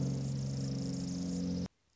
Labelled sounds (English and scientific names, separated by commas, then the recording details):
Anna's Hummingbird (Calypte anna)
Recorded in Sonoma County, California